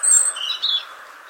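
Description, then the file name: European robin giving a brief burst of high, thin tinkling notes that fade quickly, over a steady background hiss. "Erithacus rubecula"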